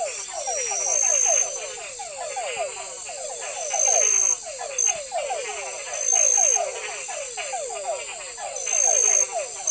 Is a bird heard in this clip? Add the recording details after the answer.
no. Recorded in forest near Pivijay, Magdalena, Colombia, on 17 April 2023 at 22:00. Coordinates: 10.467, -74.380. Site Z5-G034